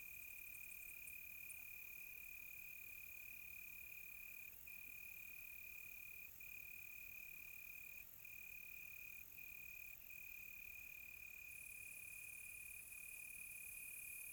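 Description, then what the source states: Crickets keep up a sustained high trill broken by several brief gaps; a higher, thinner insect chirring shifts in tone near the end. Crickets on a quiet tropical night, recorded close.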